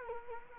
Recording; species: mosquito wingbeat signal from an infrared sensor; Culex quinquefasciatus